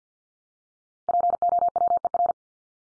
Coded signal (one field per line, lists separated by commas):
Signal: Morse code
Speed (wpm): 50 wpm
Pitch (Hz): 700 Hz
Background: none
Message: POWER